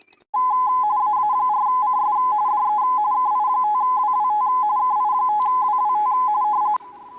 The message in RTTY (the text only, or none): AA4CS DE KI5WWT KI5WWT